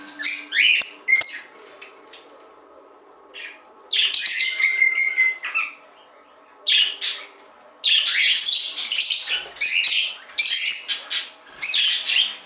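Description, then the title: Budgerigar warbling chatter, harsh buzzy notes and sharp chirps in several bursts. "Budgie Sounds"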